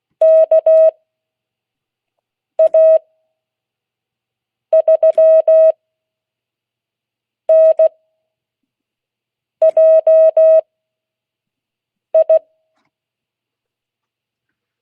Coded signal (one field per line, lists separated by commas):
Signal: Morse code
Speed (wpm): 16 wpm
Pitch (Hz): 640 Hz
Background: none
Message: KA3NJI